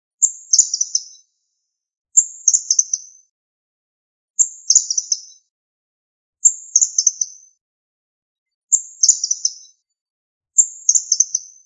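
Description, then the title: Bird giving a short high chirping phrase of quick notes, repeated six times at about two-second intervals with silence between. "LuckyPassaro Completos2Sama"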